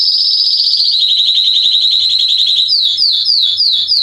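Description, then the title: Canary song, a rapid high trill that gives way to a series of separate downward-slurred notes repeated about three times a second. Male Belgian canary singing a lot, meant to warm up and train young canaries. "Canary Training Esquente Seu Filhote E Canario Belga Em 30 Minutos Macho Cantando Muito. CANTO DO CANRIO"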